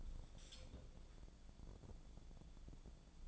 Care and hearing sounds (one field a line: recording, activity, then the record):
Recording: daily activity, microphone in the room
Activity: take from stove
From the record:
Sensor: 5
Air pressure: 1000.0 hPa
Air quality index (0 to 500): 93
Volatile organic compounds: 1 ppm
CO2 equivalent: 764 ppm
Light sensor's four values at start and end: 382/906/393/442 and 386/914/397/447